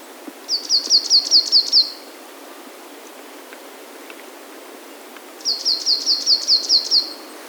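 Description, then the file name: Marsh tit giving two bursts of rapid, evenly spaced high chipping notes, about seven in each, separated by a few seconds, over steady background hiss. "Poecile palustris"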